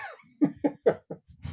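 Four quick, harsh, vicious cough bursts in under a second: an adult woman's coughing fit heard in the background.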